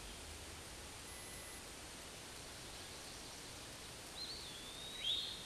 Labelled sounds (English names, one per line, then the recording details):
Eastern Wood-Pewee song
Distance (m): 50 m
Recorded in a Pennsylvania forest on 18 May 2023 at 13:53
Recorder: AudioMoth, point grid1_34_low
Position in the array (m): 245 m, 149 m